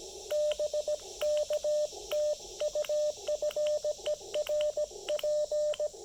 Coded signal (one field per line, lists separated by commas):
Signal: Morse code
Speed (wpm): 17 wpm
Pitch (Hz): 600 Hz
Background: radio noise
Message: BK TU FER P